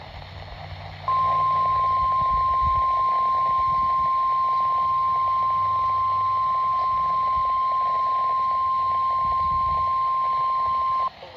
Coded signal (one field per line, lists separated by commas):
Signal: Emergency Alert System (SAME) tones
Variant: 1050 Hz attention tone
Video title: WRC Required Weekly Test & Required Monthly Test EAS #61-62